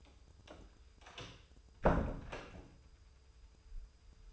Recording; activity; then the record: daily activity, microphone in the room; close door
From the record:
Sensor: 2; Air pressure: 996.0 hPa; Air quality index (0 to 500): 48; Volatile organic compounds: 1 ppm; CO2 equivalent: 924 ppm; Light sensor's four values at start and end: 11/27/11/12 and 11/27/11/12